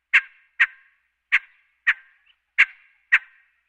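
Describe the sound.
Quail calling with six abrupt, hard clucks in loose pairs, each note short and clipped, against a silent background.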